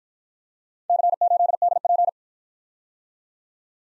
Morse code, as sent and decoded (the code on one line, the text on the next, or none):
-.-. ---.. -.. .--.
C8DP